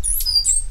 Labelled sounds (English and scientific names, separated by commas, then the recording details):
Stitchbird (Notiomystis cincta) song
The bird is a male
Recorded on Tiritiri Matangi Island, New Zealand, in 2005
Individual 8, of nest box 10